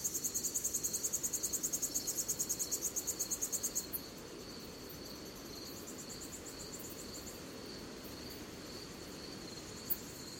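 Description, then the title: Cicada call: four seconds of loud, fast-pulsing high trilling, then a softer continuous high hum with a faint low rumble. Recorded at night in a forest. "Звуки ночного леса. Звук цикад ночью в лесу"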